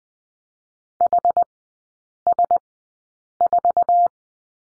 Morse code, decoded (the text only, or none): HS4